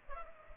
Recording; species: mosquito wingbeat signal from an infrared sensor; Culex pipiens